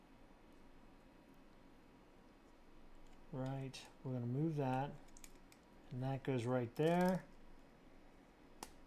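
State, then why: Seated. A plastic building-brick part is pressed into position on a brick model, a 2000+ piece Hulkbuster knockoff of LEGO set 76066. Someone talks, then one sharp snap is heard at 8.6 seconds as the brick seats into place.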